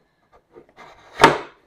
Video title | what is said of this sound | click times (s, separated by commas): New and Improved 12 Pod iDOO - Unboxing Assembly and Review - EverCrest | and it just clicks into place like that so i hope you guys can see that okay | 1.2 s